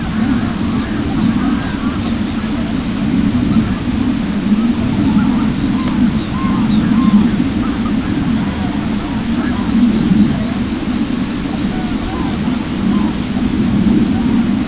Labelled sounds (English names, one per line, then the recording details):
unidentified sound
Sabine's Gull
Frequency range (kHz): Sabine's Gull 2.8-5.0 kHz
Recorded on Arctic tundra, site CORI-1, on 16 June 2018
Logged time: 06:00